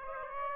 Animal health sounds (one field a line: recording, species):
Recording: mosquito wingbeat signal from an infrared sensor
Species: Aedes aegypti